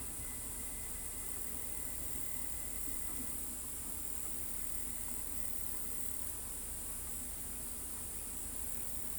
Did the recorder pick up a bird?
no